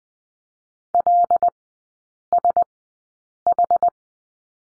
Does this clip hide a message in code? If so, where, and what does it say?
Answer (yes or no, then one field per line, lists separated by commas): yes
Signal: Morse code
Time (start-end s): 0.9-3.9 s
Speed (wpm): 20 wpm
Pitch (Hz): 700 Hz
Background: none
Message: LSH